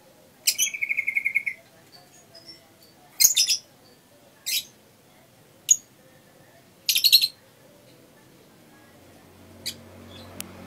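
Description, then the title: Lovebird squeaky chatter: a long shrill trilled burst followed by several short harsh high bursts, fading into quieter scattered chirps and low hum. Masteran: a training song played to caged birds. "MASTERAN BURUNG. lovebird"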